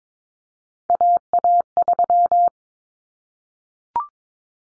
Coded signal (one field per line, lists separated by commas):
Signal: Morse code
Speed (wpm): 22 wpm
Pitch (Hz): 700 Hz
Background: none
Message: AA3